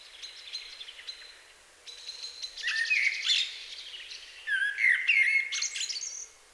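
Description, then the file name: Common blackbird singing varied mellow whistles mixed with high scratchy twittering, the phrases running almost continuously with only brief dips. "Turdus merula"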